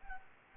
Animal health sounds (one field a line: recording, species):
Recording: mosquito wingbeat signal from an infrared sensor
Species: Anopheles gambiae